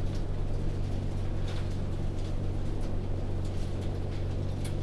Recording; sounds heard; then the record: poultry house recording; no chicken sound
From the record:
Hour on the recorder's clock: 21